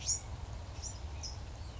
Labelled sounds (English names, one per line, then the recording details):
California Towhee
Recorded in Sonoma County, California